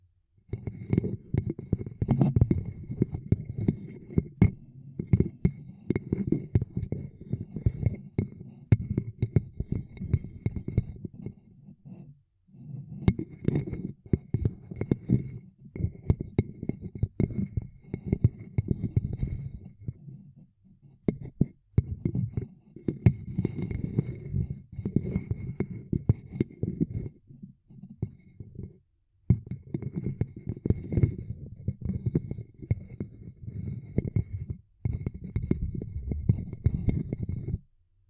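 Ear cupping: dense, muffled rubbing and thumping sounds, low and rumbly, come in bursts of several seconds each, separated by short quiet gaps around 12, 21 and 29 seconds. Sharp clicks and crackles break through, and a faint steady high tone runs underneath.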